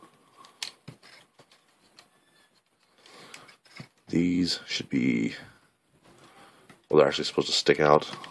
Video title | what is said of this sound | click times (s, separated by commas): Video Review Of The Transformers Prime RID Voyager THUNDERTRON | just grab it and just kind of pull it up, and it will snap into place. | 0.6 s